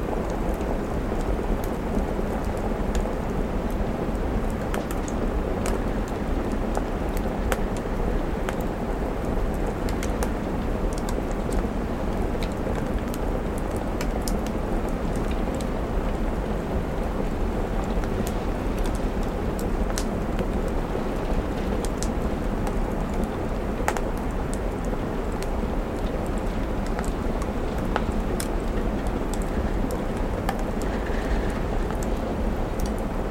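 Steady, dense rain murmurs beneath a low rumble, with frequent faint crackles and ticks scattered throughout, like a fire crackling.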